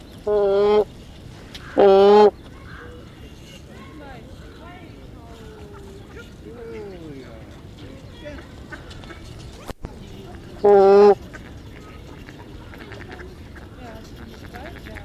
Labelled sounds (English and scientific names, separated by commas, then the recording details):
Trumpeter Swan (Cygnus buccinator) call
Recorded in captivity
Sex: group
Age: adult
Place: Tierpark Berlin, Berlin, DE
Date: 1974-01-13 12:00
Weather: sunny, ca. 5°C
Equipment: Uher 4200 Report Stereo, Sennheiser MD 421, Verstärker
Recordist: Tembrock, Günter